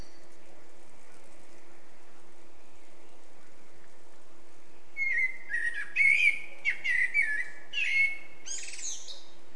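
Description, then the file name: Eurasian blackbird song: a run of mellow whistled warbles mixed with sharp high squeaks, lasting several seconds, against a continuous low hum. "Turdus merula"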